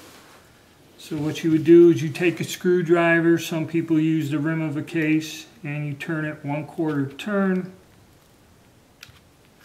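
Someone talks while a screwdriver turns the slotted takedown lock screw on the polymer frame of a Taurus Spectrum 380 Auto pistol a quarter turn to unlock it. A short, sharp click is heard at 9.0 s as the takedown lock screw clicks to unlock, releasing it.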